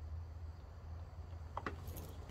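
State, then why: Not seated. During a high-pressure fuel pump upgrade on a BMW 650 F06 with the N63TU engine (F90), the retaining clip on the fuel pump and line assembly in the engine bay is being handled and pushed back toward place. A steady low hum runs throughout, broken by two brief sharp taps at about 1.6 s and 1.7 s. Nothing has seated or clicked yet.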